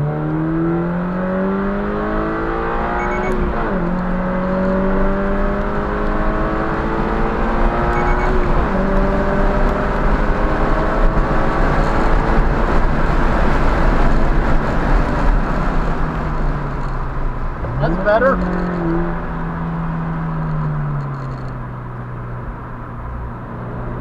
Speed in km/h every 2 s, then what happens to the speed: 79, 100, 111, 127, 140, 153, 155, 119, 87, 90, 66, 64.
0-12 speeds up to 155. 12-20 brakes to 66.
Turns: none.